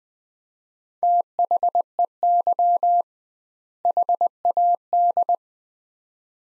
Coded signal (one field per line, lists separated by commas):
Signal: Morse code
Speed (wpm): 20 wpm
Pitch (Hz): 700 Hz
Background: none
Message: THEY HAD